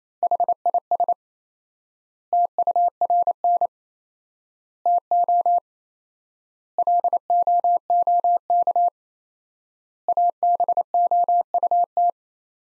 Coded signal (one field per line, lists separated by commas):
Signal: Morse code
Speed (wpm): 28 wpm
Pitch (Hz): 700 Hz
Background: none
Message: HIS TURN TO LOOK ABOUT